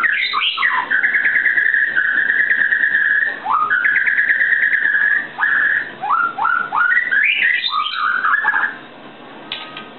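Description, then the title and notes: White-rumped shama song with long steady whistles, then a string of short rising notes and quick varied phrases. Masteran (training) recording of white-rumped shama (murai batu). "Masteran Murai Batu"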